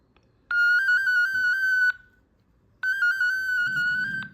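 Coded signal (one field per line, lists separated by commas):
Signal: multi-tone FSK (Olivia or MFSK type)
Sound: two short bursts of a warbling tone hopping between close pitches, with clicks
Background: faint room noise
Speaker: C'est parti, on va je vais procéder à la démonstration.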